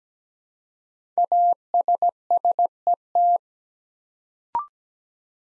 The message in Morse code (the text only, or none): ASSET